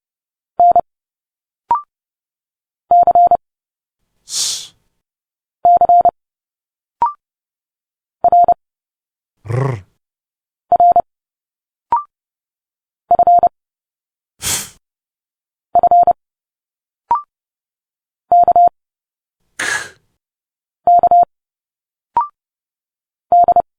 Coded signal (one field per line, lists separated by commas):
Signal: Morse code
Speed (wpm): 30 wpm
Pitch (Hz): 700 Hz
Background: none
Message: N C C R R F F K K D